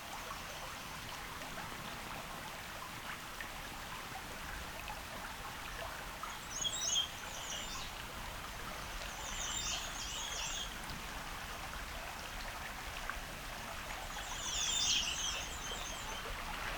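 Birds sing in short, bright phrases at a slow pace over a steady, hissing wash that sounds like running water or light rain, at the Bruce Peninsula National Park in Ontario. Phrases come around seven, ten, and fifteen seconds, with quiet gaps between.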